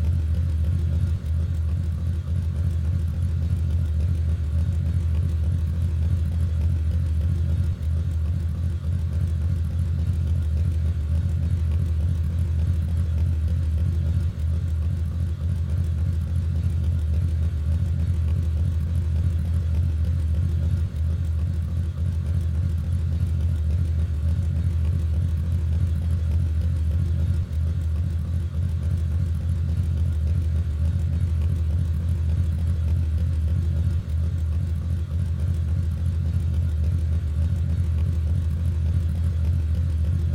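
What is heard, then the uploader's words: A motorcycle engine rumbles at a steady idle, deep and low, holding the same level for the full forty seconds without revving. The throb sits dense, with only a thin, quiet hiss riding above it. Motorcycle Sounds | Harley-Davidson. Then the calming Harley engine idles for 10 hours. The long, open pipes let the sound flow unobstructed. A deep and primal rumble emerged from within the heart of the machine.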